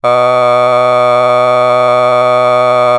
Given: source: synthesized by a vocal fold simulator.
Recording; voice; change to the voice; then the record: sustained vowel; male; a random mix of aspiration noise, stiffness perturbation and strain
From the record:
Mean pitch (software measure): 124 Hz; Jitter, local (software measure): 0.74%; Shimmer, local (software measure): 4.0%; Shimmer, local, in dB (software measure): 0.35 dB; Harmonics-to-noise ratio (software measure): 19.9 dB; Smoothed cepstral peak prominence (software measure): 21.2 dB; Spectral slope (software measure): -14.2 dB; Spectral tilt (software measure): -9.6 dB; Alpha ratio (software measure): -4.6 dB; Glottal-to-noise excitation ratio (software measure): 0.994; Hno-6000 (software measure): 2.0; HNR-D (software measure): 30.3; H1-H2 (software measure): 1.3 dB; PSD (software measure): 8.3e-05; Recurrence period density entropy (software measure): 0.112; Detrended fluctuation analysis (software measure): 0.0305